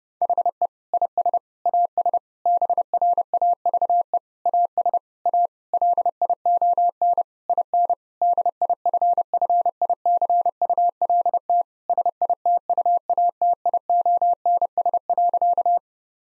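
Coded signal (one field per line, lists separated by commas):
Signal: Morse code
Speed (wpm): 30 wpm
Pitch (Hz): 700 Hz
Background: none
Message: HE IS AS BRAVE AS A LION IN DIFFICULT SITUATIONS.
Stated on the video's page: 30 WPM Morse copying practice of difficult sentences with contextual hints.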